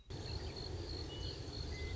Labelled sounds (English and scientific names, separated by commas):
Western Meadowlark (Sturnella neglecta)